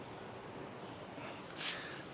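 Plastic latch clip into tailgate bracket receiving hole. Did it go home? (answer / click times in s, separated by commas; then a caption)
no / none. On a Chevy Silverado tailgate, a plastic latch clip with its metal bar attached is pushed into the receiving hole of the tailgate bracket. Only a steady, breathy hiss is heard, with a brief brighter rush around 1.6–1.7 s. The clip does not click in; nothing has seated or clicked yet.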